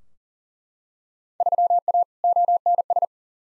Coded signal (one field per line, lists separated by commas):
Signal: Morse code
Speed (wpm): 40 wpm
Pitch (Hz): 700 Hz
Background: none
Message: 3A ONS